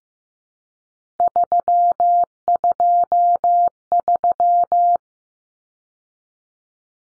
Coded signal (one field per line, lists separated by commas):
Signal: Morse code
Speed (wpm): 15 wpm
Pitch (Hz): 700 Hz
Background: none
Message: 323